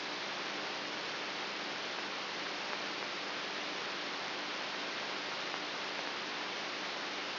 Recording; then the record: brain microelectrode recording played as sound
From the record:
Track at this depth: inside the subthalamic nucleus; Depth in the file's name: 2.64 mm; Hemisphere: right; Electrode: 3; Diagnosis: Parkinson's disease